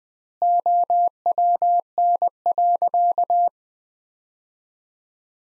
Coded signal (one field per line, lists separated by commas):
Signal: Morse code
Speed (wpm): 20 wpm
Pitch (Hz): 700 Hz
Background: none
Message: OWN.